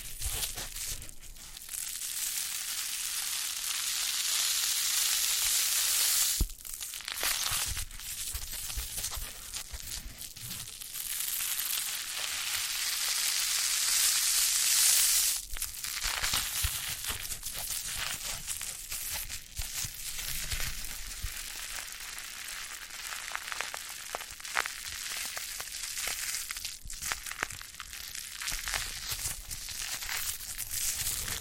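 Foam being massaged and squeezed gives a dense, continuous crinkling and hissing texture, bright and airy throughout. It swells louder around 5 to 7 seconds and again near 15 seconds, with brief dips and soft thumps scattered across the rest.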